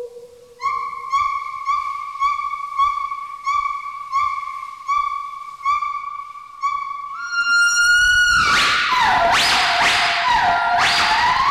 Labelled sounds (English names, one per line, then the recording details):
Northern White-cheeked Gibbon
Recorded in captivity
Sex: male
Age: adult
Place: Zoo Leipzig, Sachsen, DE
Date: 1974-12-13
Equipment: Uher 4200 Report Monitor, Verst., Sennheiser MD 421
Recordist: Tembrock, Günter